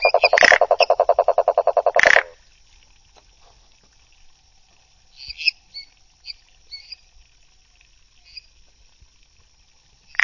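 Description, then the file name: Cururu toad giving a low pulsed trill of many rapid, evenly spaced pulses lasting about two seconds, with sharp noises partway through and at its end, then faint high chirps and a steady insect hum. "Rhinella schneideri"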